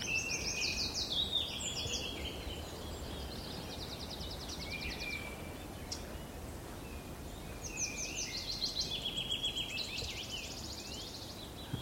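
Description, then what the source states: Wood warbler song: quickening notes running into a dry, shivering trill, given twice several seconds apart. Accelerating song on a spring morning walk through ancient oak and bluebell woods on Sugar Loaf mountain.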